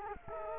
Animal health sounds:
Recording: mosquito wingbeat signal from an infrared sensor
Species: Culex quinquefasciatus

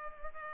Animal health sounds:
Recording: mosquito wingbeat signal from an infrared sensor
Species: Culex pipiens

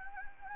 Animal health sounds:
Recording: mosquito wingbeat signal from an infrared sensor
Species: Anopheles gambiae

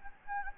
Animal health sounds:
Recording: mosquito wingbeat signal from an infrared sensor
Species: Anopheles gambiae

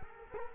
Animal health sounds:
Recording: mosquito wingbeat signal from an infrared sensor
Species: Culex quinquefasciatus

